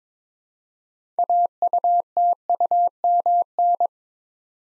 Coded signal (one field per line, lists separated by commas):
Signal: Morse code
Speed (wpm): 22 wpm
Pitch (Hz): 700 Hz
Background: none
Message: AUTUMN